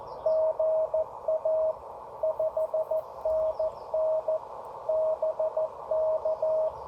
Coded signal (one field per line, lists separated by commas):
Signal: Morse code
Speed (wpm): 15 wpm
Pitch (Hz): 630 Hz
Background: none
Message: GA 5NN BK